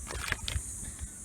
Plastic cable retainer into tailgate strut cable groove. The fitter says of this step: that clicks in place